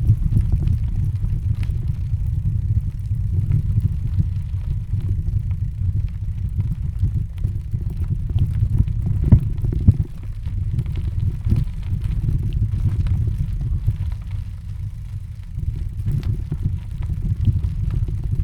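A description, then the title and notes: Riding a bicycle downhill toward a river weir, a steady low rumble fills the whole stretch, dense and rough like wind and tyres on the road. Faint clicks and rattles flicker above it now and then, with slight dips in loudness near ten and fifteen seconds. Bike. Cycling down hill to the river’s weir.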